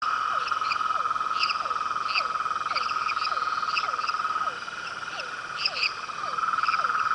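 Rhinella ornata toad calling, a continuous buzzing trill, overlaid by brief falling notes about every half second and irregular bright chirps higher up.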